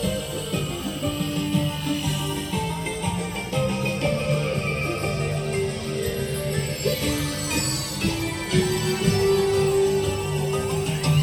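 Music from the Main Street Electrical Parade plays steadily, a dense, bouncy electronic tune with sustained synth notes and a low pulsing bass. Tinkling, bell-like tones sparkle on top, and the level stays fairly even throughout, rising slightly near the end.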